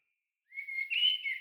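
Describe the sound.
Bird whistled call: a steady thin tone that swells into a brighter rising note, then falls back, with silence before it starts.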